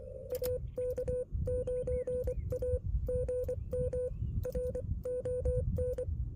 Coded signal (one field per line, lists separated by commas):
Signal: Morse code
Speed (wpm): 24 wpm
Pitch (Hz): 500 Hz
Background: music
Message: AK9A GM RON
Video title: US-12715 testing my HF-009 on a tripod! And full activation